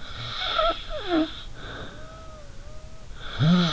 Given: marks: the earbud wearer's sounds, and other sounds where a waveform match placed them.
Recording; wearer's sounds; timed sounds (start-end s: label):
sounds in sleep by an in-ear microphone; snoring breath
0.00-2.98 s: snoring breath
3.09-3.73 s: snoring breath